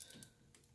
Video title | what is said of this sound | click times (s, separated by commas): WF-7710 CISS Install | gonna pop each one of these in until it clicks down | 0.0 s, 0.1 s, 0.2 s